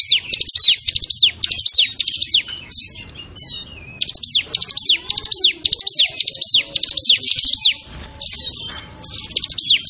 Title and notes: Suara Pikat Burcil Ribut. Burung Liar. ciblek